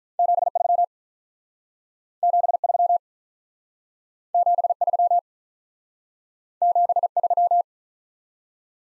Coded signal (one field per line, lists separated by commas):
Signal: Morse code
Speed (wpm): 46 wpm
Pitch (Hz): 700 Hz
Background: none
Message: 73 73 73 73